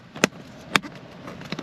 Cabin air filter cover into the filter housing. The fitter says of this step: when you hear all those clicks click very good